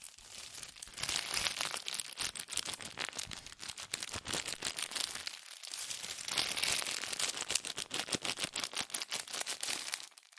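Fingers tap, scratch and trace quickly over cardboard and paper, a dense run of crisp, bright crackling clicks with no pauses. The rustling swells in two waves, roughly from one to five seconds and again from six to nine, easing briefly between them.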